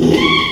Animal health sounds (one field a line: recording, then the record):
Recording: squeal of a Yucatan mini pig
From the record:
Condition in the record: after surgery on the right vocal fold (resection and tissue-engineered implant)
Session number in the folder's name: 1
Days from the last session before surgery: 6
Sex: male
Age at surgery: 12 weeks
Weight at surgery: 13 kg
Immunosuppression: cyclosporine, prednisolone